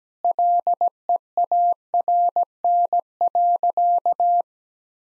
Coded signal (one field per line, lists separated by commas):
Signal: Morse code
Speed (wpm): 17 wpm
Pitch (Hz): 700 Hz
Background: none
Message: LEARN.